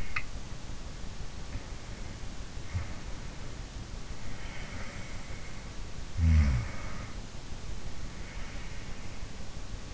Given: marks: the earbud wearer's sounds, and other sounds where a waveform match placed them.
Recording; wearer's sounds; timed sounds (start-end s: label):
sounds in sleep by an in-ear microphone; swallowing
0.00-0.80 s: swallowing
5.38-7.23 s: sound from someone else or the room